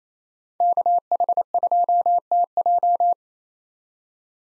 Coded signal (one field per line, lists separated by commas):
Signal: Morse code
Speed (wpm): 28 wpm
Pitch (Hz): 700 Hz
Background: none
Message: KH2TJ